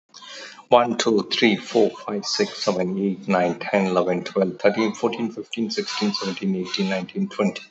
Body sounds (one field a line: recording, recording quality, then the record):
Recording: counting at a fast pace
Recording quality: excellent, no background noise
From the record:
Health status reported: healthy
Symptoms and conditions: none ticked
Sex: male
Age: 59 years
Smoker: not ticked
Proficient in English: yes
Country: India